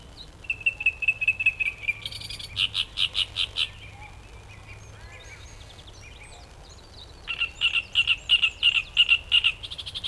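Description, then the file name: Great reed warbler song of grating, croaky phrases: a thin repeated note, then loud harsh rattling bursts, a few softer scratchy notes, and a final strident repeated run. Recorded at Ilkeston on 18 June. "Great Reed Warbler Ilkeston 18 06"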